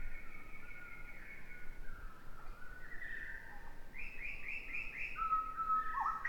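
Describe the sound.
Bird song of sustained whistled notes, then a quick run of repeated chirps and a thin high whistle, over steady low background rumble.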